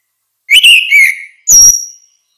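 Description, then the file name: Orange-headed thrush giving a slurred whistled phrase followed by a single high, thin whistle. "suara kicau burung anis merah"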